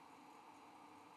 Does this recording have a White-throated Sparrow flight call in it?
no